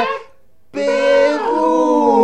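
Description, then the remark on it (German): Dogs howling at the 32nd international pedigree dog show in Stuttgart: a short howl breaks off, then after a brief pause several loud, sustained howls rise together with a wavering pitch, continuing to the end. “Wir befinden uns hier heute auf der 32. internationalen Rassehundeausstellung in Stuttgart auf dem Kindesberg.”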